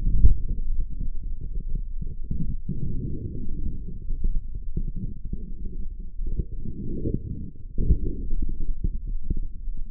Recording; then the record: forearm muscle sounds (acoustic myography)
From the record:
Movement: forearm supination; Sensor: system 3, bracelet of six PUI Audio POM-2738L microphones around the upper forearm, with dedicated amplification and filtering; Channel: 6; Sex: male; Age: 25 years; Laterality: right